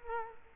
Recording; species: mosquito wingbeat signal from an infrared sensor; Culex quinquefasciatus